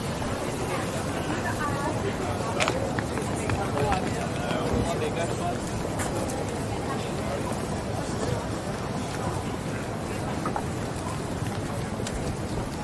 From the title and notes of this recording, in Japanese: George Street を Circular Quay から Townhall まで歩く。ビジネスマンが忙しく行き交うビジネス街を歩きながらいろんな音を楽しみます。ステレオ音声。